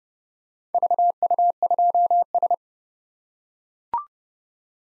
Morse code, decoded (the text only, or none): VU2S